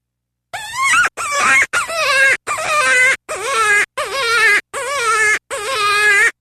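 Cottontail rabbit giving eight loud, wavering, wailing cries, each under a second long, separated by short gaps in an even series.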